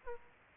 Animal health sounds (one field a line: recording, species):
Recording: mosquito wingbeat signal from an infrared sensor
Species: Aedes aegypti